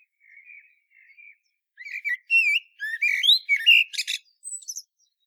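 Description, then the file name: Common blackbird song: soft, low warbled whistles at first, then a louder run of rising, fluty notes that ends in a shrill, squeaky twitter. "Turdus merula"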